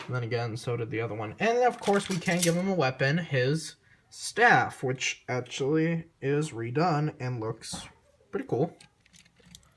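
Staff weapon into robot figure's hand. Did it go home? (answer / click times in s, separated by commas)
no / none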